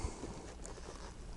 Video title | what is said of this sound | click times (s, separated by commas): Unique features of the KYRA® Comfort™ Lithotomy Stirrups | as I snap the straps into the studs the | 0.7 s